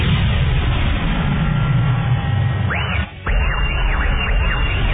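A loud explosion sound effect: a sustained, rumbling roar of blast noise that briefly cuts out, then resumes with a series of swooping, warbling tones over the rumble. No one speaks.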